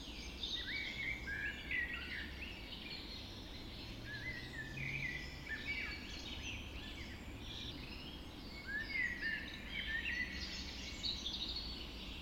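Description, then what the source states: Dawn chorus of many birds, dense overlapping warbles, trills and whistled phrases throughout, with a low steady hum underneath. Dawn chorus recorded just after dawn in the Forest of Dean.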